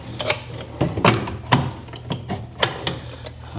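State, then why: Not seated. A longer wooden drawer is pushed into an apothecary puzzle chest, giving a series of sharp wooden knocks and rattles, but its latch mechanism fails to catch because something is assembled wrong. Nothing has seated or clicked yet.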